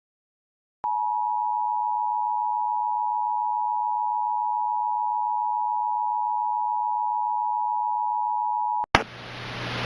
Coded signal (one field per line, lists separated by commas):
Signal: Emergency Alert System (SAME) tones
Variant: 853 and 960 Hz attention tone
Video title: EAS Mock: What happened to Kentucky?